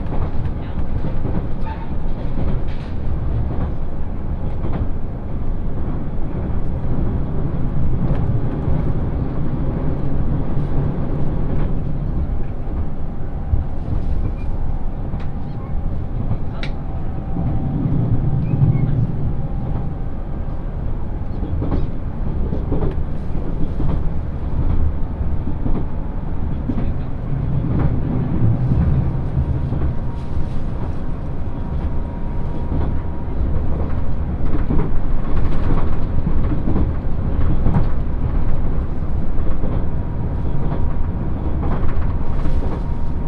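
Inside an express train running on a railway line, a steady low rumble and rolling roar fill the whole stretch. Faint rattles and clicks come through now and then, with a thin whine in the middle range, and the noise swells slightly near the end.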